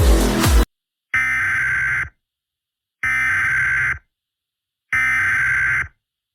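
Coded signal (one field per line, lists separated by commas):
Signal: Emergency Alert System (SAME) tones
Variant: header bursts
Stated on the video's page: Fictional EAS scenario with valid EAS tones, made with text-to-speech and editing software.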